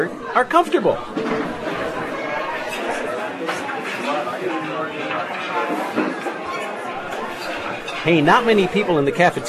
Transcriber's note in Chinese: cafeteria sound